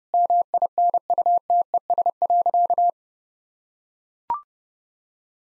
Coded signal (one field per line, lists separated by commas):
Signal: Morse code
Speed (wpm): 32 wpm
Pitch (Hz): 700 Hz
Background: none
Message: MINUTES.